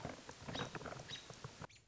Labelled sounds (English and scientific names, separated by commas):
American Robin (Turdus migratorius)